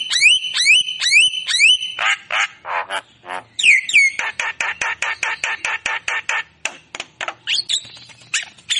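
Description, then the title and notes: Javan myna song opening with repeated ringing whistled notes, then breaking into a fast run of rasping, buzzy chatter and squeaky clicks. Lure recording of Javan myna song, meant to prompt a mute, non-singing bird. "Pancingan Jalak Kebo Bisu. Kicau Jalak Kebo"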